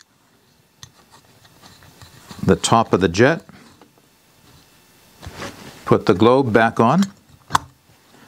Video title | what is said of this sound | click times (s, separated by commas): Fire Maple Orange Gas Lantern | snaps into place like that and now I can put it back on the gas canister | 7.6 s